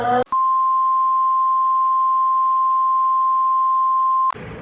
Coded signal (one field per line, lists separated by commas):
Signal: Emergency Alert System (SAME) tones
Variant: 1050 Hz attention tone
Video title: Eas alarm animated s2: all together!